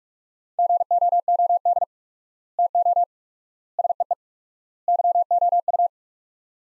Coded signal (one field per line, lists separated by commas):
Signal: Morse code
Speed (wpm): 46 wpm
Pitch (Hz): 700 Hz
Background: none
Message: GOOD TO SEE YOU